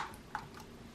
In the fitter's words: Now I'm just going to push on the corners, and those should just snap right in.